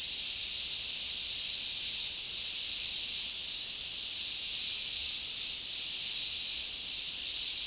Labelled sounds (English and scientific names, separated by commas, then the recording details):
none
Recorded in dense forest near Puerto Asís, Putumayo, Colombia, on 18 February 2024 at 16:00
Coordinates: 0.499, -76.324
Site G6469